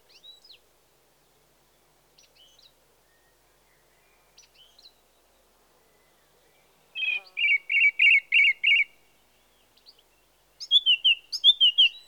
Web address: The BBC Sound Effects Library. Song Thrush (Turdus Philomelos)